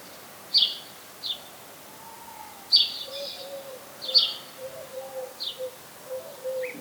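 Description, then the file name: House sparrow chirping: short bright chirps, singly and in loose pairs, at irregular intervals, with fainter lower notes in the background. "Passer domesticus"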